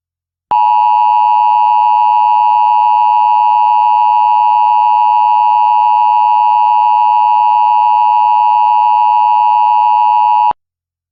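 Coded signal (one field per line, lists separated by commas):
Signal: Emergency Alert System (SAME) tones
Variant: 853 and 960 Hz attention tone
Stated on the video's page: Fictional EAS scenario.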